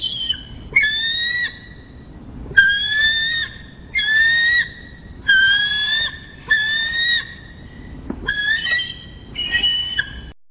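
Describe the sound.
Eagle crying in a series of strained, whistled screams, some dipping then level, repeated at somewhat irregular intervals with brief pauses.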